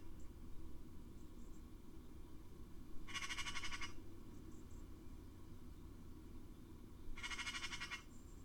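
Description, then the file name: Eurasian magpie giving two harsh, rattling chatter bursts about four seconds apart, each lasting under a second, over a steady low rumble of background noise. "Pica pica"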